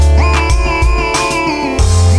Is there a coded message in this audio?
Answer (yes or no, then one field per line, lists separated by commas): no